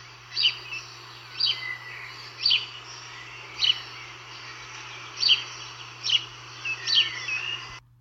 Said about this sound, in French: Le moineau, sachez qu'on dit juste moineau, mais son vrai nom c'est moineau domestique, parce qu'il y a plusieurs espèces de moineaux. Celui qu'on a chez nous, c'est le moineau domestique. Et tout de suite, bien sûr, le chant du moineau.